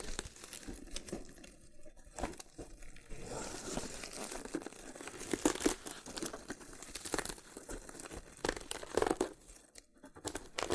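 Loofah being handled with continuous dry scratching, crinkling and tearing-like peeling sounds. Dense, irregular bursts of bright rasping come in quick clusters, with sharper pops around five and nine seconds and a brief quieter gap near ten seconds.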